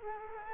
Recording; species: mosquito wingbeat signal from an infrared sensor; Culex quinquefasciatus